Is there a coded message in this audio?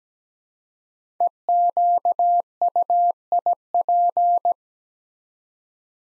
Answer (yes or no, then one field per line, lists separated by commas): yes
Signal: Morse code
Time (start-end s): 1.2-4.5 s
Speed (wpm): 17 wpm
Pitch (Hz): 700 Hz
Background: none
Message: EQUIP